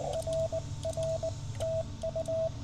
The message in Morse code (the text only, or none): RR TU